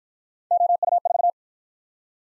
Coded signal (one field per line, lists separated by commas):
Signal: Morse code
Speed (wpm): 54 wpm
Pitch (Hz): 700 Hz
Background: none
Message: OU4